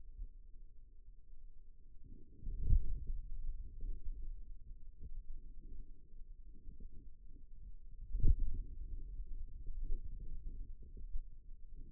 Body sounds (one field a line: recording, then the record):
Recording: forearm muscle sounds (acoustic myography)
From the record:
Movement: finger pinch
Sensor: system 2, bracelet of six BSWA MPA416 microphones around the upper forearm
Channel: 4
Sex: male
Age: 22 years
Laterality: right